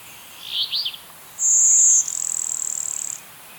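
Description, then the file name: Blue-winged warbler singing a high, thin whine followed by a drawn-out dry buzz, preceded by a couple of quick slurred notes. "Vermivora cyanoptera - Blue-winged Warbler"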